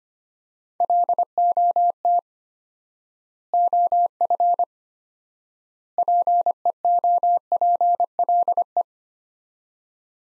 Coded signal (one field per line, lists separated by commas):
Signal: Morse code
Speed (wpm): 25 wpm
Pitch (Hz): 700 Hz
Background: none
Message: LOT OF PEOPLE